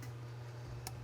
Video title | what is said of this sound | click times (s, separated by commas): Project Odin -- Full Odin/Loki Installation -- Step by Step for 2018+ F150 | make sure that the clamp does click into place | 0.9 s